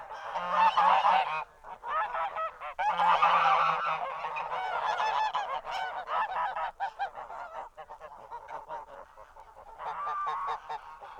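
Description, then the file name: Goose: geese honking as a flock, a dense chorus of overlapping nasal honks in loud bursts with brief lulls. "Geese Horde Honk"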